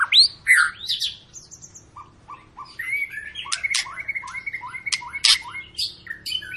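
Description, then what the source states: White-rumped shama song with loud sweeping whistles at the start, then short repeated notes and a fast mixed sequence of chirps and clicks. Long song used as a lure to make other birds sing; "gacor" means a bird singing continuously.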